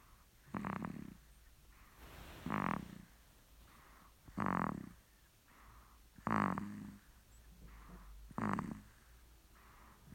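A dog snoring: loud, rhythmic snores about every two seconds, with softer breath sounds between them.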